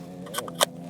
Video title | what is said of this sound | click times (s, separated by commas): NEW Freewell K2 Filter System, True Colour VND CPL Grad and more. | like that it's magnetic and it clicks into place then you flip this round | 0.6 s